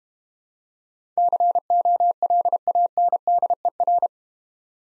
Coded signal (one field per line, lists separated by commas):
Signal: Morse code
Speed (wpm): 32 wpm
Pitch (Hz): 700 Hz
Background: none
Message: COLANDER